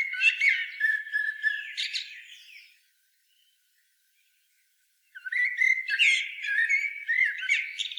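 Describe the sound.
Common blackbird sings a rich warbled phrase with twittering ends, falls silent for about two seconds, then begins another fluty, chattering phrase.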